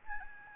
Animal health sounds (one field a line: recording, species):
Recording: mosquito wingbeat signal from an infrared sensor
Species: Aedes albopictus